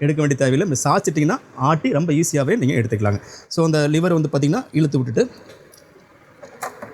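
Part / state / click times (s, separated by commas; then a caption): tilt lock lever on a tilting wet grinder frame / seated / 6.8 s. Someone talks while pulling and releasing the tilt lock lever on a tilting wet grinder frame. The drum frame locks back into place with a metallic click at 6.8 s.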